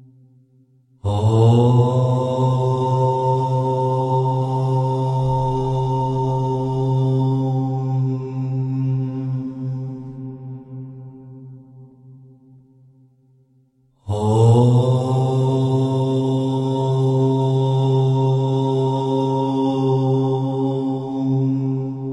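A deep, steady Om chant, sustained on one low pitch with rich overtones. The first long tone begins about a second in and fades gently toward thirteen seconds; after a brief silence a second tone starts near fourteen seconds and holds to the end.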